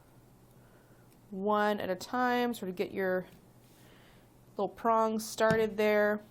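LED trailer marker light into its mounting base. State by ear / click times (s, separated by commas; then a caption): not seated / none. Someone talks while starting the two prongs of an LED trailer fender marker light into its plastic mounting base, one side at a time. Only faint handling noise sits under the speech, and nothing has seated or clicked yet.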